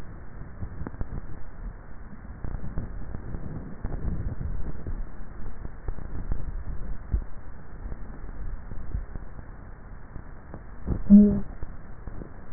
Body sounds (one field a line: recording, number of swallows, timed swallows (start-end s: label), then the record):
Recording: swallowing sounds by neck microphone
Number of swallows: 3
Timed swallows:
4.02-4.85 s: swallow
6.28-7.05 s: swallow
8.28-9.05 s: swallow
From the record:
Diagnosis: dysphagia